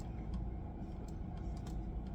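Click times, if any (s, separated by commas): none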